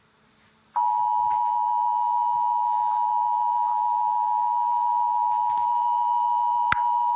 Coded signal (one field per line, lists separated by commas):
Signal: Emergency Alert System (SAME) tones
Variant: 853 and 960 Hz attention tone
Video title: The Amazing World of Gumball EAS Scenario: The Safety